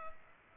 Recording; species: mosquito wingbeat signal from an infrared sensor; Culex pipiens